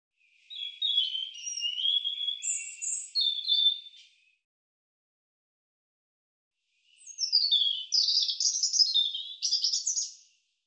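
European robin song in two separate phrases about three seconds apart, each a rapid, liquid cascade of high, thin, varied notes and trills; nothing else audible.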